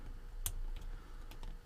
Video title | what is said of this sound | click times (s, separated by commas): Installing the Watch Strap #19: Build Your Own Watch | Clicked in place. | 0.5 s